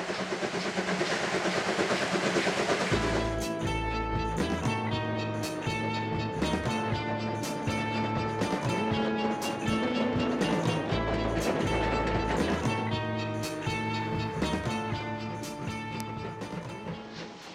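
A steam-hauled train on a mainline runs, loud and steady throughout. The first three seconds are a dense rumbling roar; after that, regular wheel clicks and knocks repeat along with ringing metallic tones and a low mechanical drone.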